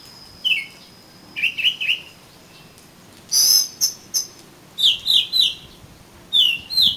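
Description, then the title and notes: Oriental magpie-robin singing short whistled phrases with pauses between, some slurred downward, others harsh and scratchy, over a faint steady high tone. "suara kacer. kumpulan suara burung kacer"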